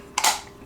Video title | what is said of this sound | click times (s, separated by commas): DASH Holiday & Everyday Multimaker Mini Waffle Cooker Review! Breakfast Sandwich & Waffle Tutorial! | till it clicks and then you still use the same waffle top now | 0.2 s